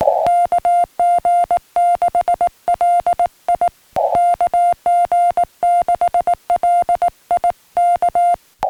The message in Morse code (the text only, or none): KG6LI KG6LI K